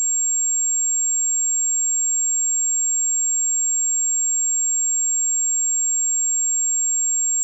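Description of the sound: A steady, unbroken high-pitched ringing made of several thin tones layered together, all above about 6 kHz, holds unchanged for about seven seconds, with nothing in the low range. It is a loopable synthetic sound-effect imitation of tinnitus, the ringing in the ears people hear without an outside source.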